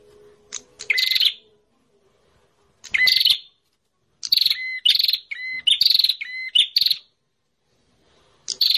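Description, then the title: Prinia producing harsh, buzzy chatters, sporadic at first, then a dense run of segmented bursts with whistled endings before a brief final call. Noisy prinia calls used as a lure for catching prinias, including the red-headed prenjak. "Suara Prenjak Ribut Ampuh Buat Pikat Burung Prenjak Kepala Merah Prenjak Tamu"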